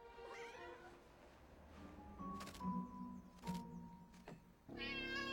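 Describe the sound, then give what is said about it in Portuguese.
A cat meows in drawn-out, wavering cries, one at the start and another at the end, with a few short soft knocks in between. No one speaks. “Oi, gatinho.”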